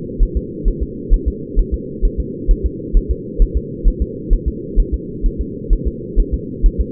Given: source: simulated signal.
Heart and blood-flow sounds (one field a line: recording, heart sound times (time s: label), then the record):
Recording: fetal heart sounds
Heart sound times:
0.23 s: S1
0.37 s: S2
0.68 s: S1
0.83 s: S2
1.14 s: S1
1.28 s: S2
1.59 s: S1
1.74 s: S2
2.05 s: S1
2.20 s: S2
2.51 s: S1
2.66 s: S2
2.97 s: S1
3.11 s: S2
3.42 s: S1
3.57 s: S2
3.88 s: S1
4.02 s: S2
4.33 s: S1
4.48 s: S2
4.80 s: S1
4.94 s: S2
5.26 s: S1
5.41 s: S2
5.73 s: S1
5.88 s: S2
6.20 s: S1
6.34 s: S2
6.66 s: S1
6.81 s: S2
From the record:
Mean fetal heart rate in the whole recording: 130 bpm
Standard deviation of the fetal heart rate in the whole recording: 2 bpm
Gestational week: 38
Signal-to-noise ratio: -4.1 dB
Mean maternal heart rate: no maternal heart sound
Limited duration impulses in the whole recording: absent